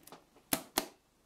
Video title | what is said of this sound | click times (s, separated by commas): How to Build a computer nice and easy (£750 Links in description to parts) | until it clicks in both ends and that's it secure | 0.5 s, 0.8 s